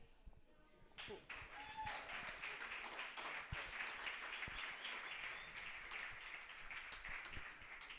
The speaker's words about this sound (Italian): E prosegue l'applauso